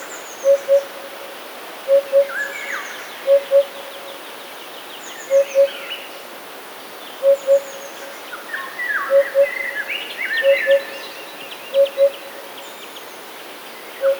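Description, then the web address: Eurasian hoopoe calling, soft low hooted notes in pairs repeated at short intervals, with other birds singing and chirping in the background. "wroblowe kolekcja dudek"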